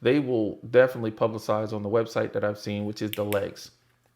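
A tripod leg on the Freewell VLOGPOD is handled while a man talks throughout, and the leg has not yet clicked into its detent on the tripod body. Speech fills almost the whole clip, then it goes quiet near the end, and nothing has seated or clicked yet.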